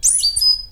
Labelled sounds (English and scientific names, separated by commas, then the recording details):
Stitchbird (Notiomystis cincta) song
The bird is a male
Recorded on Tiritiri Matangi Island, New Zealand, in 2005
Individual 11, of nest box 13